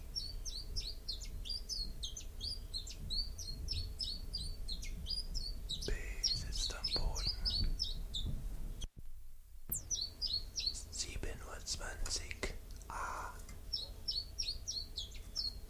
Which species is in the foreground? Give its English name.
Common Chiffchaff